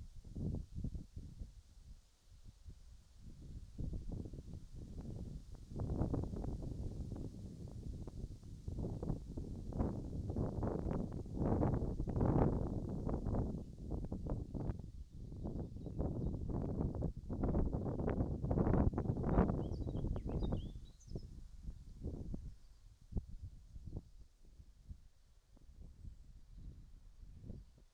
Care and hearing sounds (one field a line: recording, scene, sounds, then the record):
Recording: everyday scene through a hearing-aid microphone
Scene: wind on the microphone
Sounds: wind, birds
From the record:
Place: in front of a rural house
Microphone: in the ear canal, right